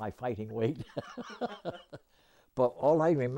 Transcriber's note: laughs